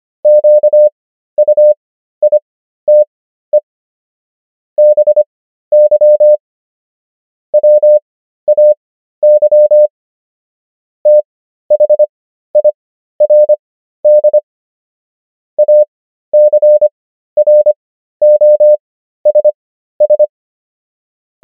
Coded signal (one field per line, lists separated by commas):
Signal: Morse code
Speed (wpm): 25 wpm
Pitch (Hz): 600 Hz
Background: none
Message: QUITE BY WAY THIRD ACROSS